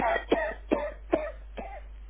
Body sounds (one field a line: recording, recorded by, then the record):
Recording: voluntary cough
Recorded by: telephone call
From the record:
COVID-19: positive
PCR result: self-reported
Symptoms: yes